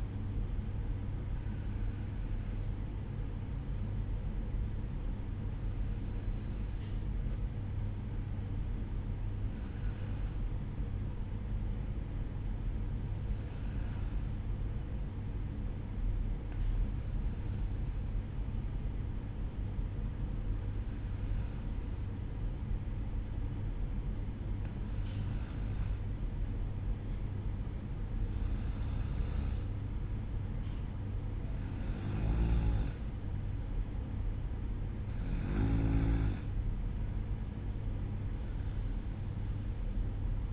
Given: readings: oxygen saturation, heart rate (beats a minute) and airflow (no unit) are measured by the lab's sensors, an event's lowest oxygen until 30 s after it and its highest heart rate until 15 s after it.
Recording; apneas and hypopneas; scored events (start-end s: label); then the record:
breathing in sleep by a smartphone at the bedside; none
18.00-40.53 s: new sleep stage, N2 (light sleep)
From the record:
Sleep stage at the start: N1 (lightest sleep); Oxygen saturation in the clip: 92 to 94%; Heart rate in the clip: 58 to 61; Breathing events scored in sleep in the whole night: 305 in 9.6 hours asleep